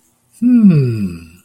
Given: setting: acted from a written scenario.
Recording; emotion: vocal sound without words; interest